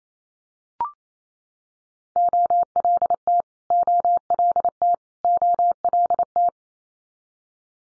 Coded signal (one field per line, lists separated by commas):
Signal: Morse code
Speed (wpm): 28 wpm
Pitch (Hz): 700 Hz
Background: none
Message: OLT OLT OLT